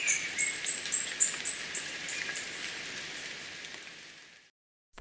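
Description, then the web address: Yellow-throated bush tanager giving a quick run of about nine high, sharp chips, then fading into hiss before the recording cuts off. Ecuador. "Birds of Ecuador. Yellow-throated Bush-Tanager"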